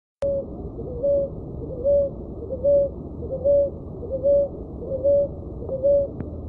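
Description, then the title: Dove repeating a plain low coo, each note brief and level, about every 0.8 seconds, with a couple of faint clicks and a steady hum. "Juriti"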